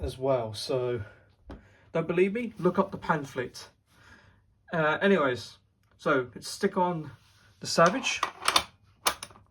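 Someone talks while a No4 spike bayonet is handled at the muzzle of a No4 rifle, with a few short, sharp handling sounds near the end around 8.5 to 9.2 seconds. The bayonet has not yet been pushed home, so its spring catch has not locked and nothing has seated or clicked yet.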